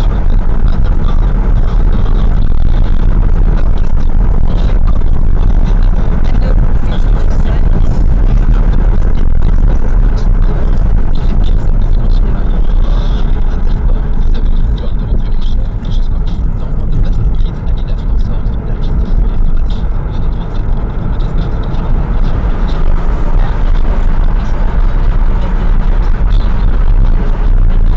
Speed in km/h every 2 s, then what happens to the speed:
80, 83, 88, 87, 80, 76, 61, 43, 39, 47, 60, 72, 73, 69.
0-4 speeds up to 88. 4-15 brakes to 39. 15-22 speeds up to 72.